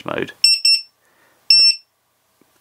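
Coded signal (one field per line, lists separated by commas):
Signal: none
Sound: drone buzzer mode beeps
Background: speech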